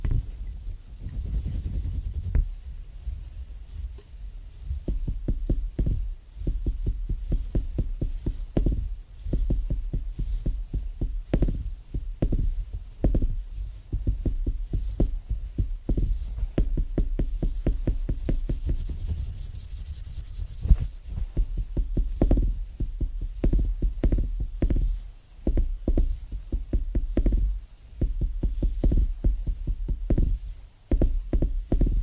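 Soft, bassy tapping repeats rapidly and fairly steadily throughout, with dull thumps, occasional brighter clicks, and a low hum underneath.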